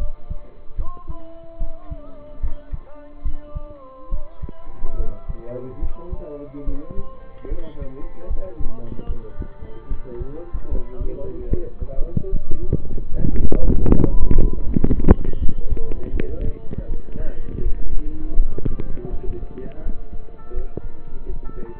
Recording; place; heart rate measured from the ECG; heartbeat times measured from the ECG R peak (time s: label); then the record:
heart sounds by stethoscope; between the tricuspid and mitral areas; 76 bpm
0.76 s: heartbeat
1.58 s: heartbeat
2.40 s: heartbeat
3.22 s: heartbeat
4.10 s: heartbeat
4.96 s: heartbeat
5.79 s: heartbeat
6.65 s: heartbeat
7.49 s: heartbeat
8.27 s: heartbeat
9.06 s: heartbeat
9.88 s: heartbeat
10.68 s: heartbeat
11.49 s: heartbeat
12.30 s: heartbeat
13.09 s: heartbeat
13.89 s: heartbeat
14.64 s: heartbeat
15.38 s: heartbeat
16.12 s: heartbeat
16.87 s: heartbeat
17.61 s: heartbeat
18.34 s: heartbeat
19.10 s: heartbeat
19.82 s: heartbeat
20.53 s: heartbeat
21.26 s: heartbeat
From the record:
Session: rest, lying down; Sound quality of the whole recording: partially saturated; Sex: male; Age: 27 years